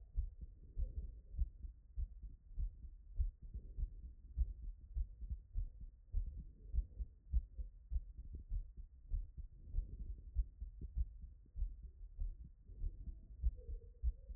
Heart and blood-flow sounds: heart sounds by stethoscope; Erb's point; 96 bpm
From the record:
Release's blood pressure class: hypertension stage 1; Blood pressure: 130/71 mmHg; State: after exercise

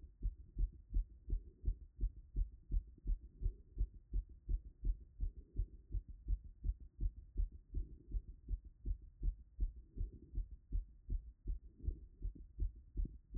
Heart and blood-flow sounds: heart sounds by stethoscope; Erb's point; 154 bpm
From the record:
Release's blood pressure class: hypertension stage 2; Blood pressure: 149/96 mmHg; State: after exercise

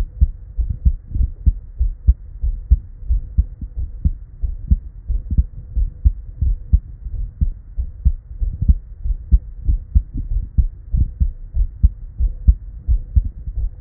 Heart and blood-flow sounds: heart sounds by stethoscope; Erb's point; 93 bpm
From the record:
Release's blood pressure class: hypertension stage 1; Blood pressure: 132/82 mmHg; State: at rest

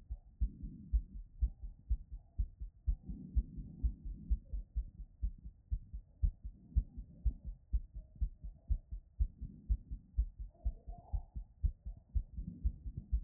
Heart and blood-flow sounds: heart sounds by stethoscope; Erb's point; 123 bpm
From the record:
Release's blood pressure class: normal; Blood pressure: 114/70 mmHg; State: after exercise

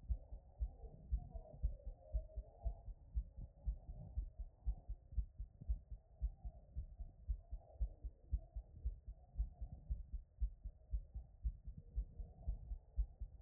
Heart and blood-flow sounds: heart sounds by stethoscope; Erb's point; 116 bpm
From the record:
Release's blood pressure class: elevated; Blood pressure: 129/67 mmHg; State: after exercise

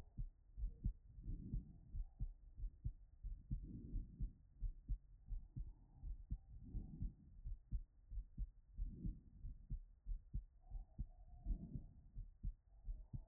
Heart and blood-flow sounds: heart sounds by stethoscope; Erb's point; 86 bpm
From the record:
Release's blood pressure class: hypertension stage 1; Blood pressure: 133/71 mmHg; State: after exercise

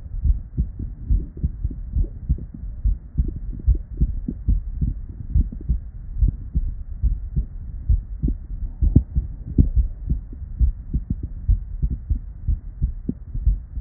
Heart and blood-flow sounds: heart sounds by stethoscope; Erb's point; 72 bpm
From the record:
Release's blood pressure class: hypertension stage 1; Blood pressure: 156/89 mmHg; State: at rest

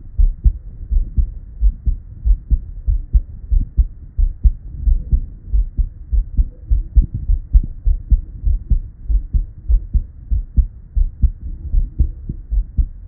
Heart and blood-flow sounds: heart sounds by stethoscope; Erb's point; 93 bpm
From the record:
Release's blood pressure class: hypertension stage 1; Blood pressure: 131/72 mmHg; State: at rest

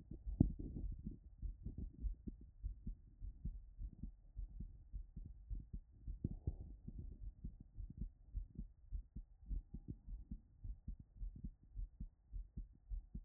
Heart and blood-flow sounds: heart sounds by stethoscope; Erb's point; 107 bpm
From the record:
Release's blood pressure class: normal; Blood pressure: 118/73 mmHg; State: after exercise

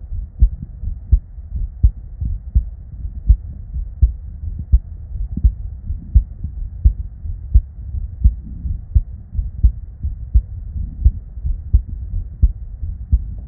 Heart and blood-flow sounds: heart sounds by stethoscope; Erb's point; 78 bpm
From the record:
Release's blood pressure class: normal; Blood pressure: 110/59 mmHg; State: at rest

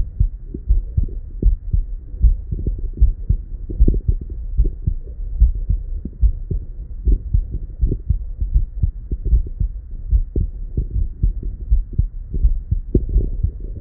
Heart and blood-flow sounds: heart sounds by stethoscope; Erb's point; 68 bpm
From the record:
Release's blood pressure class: hypertension stage 1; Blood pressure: 133/69 mmHg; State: at rest

